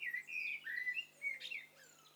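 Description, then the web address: Birds calling together: several overlapping high whistled notes, some rising and some falling, in quick succession. Several birds calling at once, in stereo. "Hi Fi STEREO BIRD COCKTAIL PARTY Challenge"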